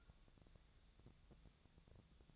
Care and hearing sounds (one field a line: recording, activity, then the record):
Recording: daily activity, microphone in the room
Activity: take from stove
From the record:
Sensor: 3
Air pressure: 999.3 hPa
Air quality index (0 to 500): 196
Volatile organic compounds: 43 ppm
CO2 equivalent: 3194 ppm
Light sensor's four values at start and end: 7/18/7/7 and 7/17/7/7